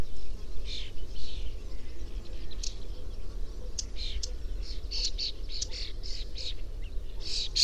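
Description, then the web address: Bird chirping, short high notes scattered throughout and busier in the second half, with a continuous deep rumble underneath. "cianscape birddata 2025 File origin Bird Only"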